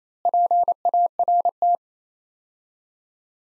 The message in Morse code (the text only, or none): PART